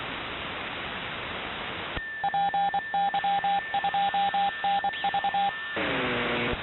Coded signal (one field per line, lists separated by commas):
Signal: Morse code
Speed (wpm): 25 wpm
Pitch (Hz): 800 Hz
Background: radio noise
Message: PY2NV